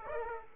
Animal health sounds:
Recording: mosquito wingbeat signal from an infrared sensor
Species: Aedes aegypti

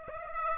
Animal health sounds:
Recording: mosquito wingbeat signal from an infrared sensor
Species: Aedes aegypti

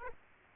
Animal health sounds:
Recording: mosquito wingbeat signal from an infrared sensor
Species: Aedes aegypti

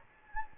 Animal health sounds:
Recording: mosquito wingbeat signal from an infrared sensor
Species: Anopheles gambiae

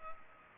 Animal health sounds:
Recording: mosquito wingbeat signal from an infrared sensor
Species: Culex pipiens

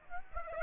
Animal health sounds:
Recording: mosquito wingbeat signal from an infrared sensor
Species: Aedes aegypti

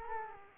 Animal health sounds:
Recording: mosquito wingbeat signal from an infrared sensor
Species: Culex quinquefasciatus

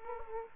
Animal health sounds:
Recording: mosquito wingbeat signal from an infrared sensor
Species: Aedes aegypti

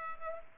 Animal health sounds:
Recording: mosquito wingbeat signal from an infrared sensor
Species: Culex pipiens

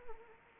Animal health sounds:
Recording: mosquito wingbeat signal from an infrared sensor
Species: Anopheles arabiensis

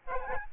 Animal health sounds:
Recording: mosquito wingbeat signal from an infrared sensor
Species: Aedes albopictus

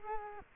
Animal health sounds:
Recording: mosquito wingbeat signal from an infrared sensor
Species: Culex quinquefasciatus

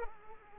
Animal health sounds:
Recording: mosquito wingbeat signal from an infrared sensor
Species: Culex pipiens

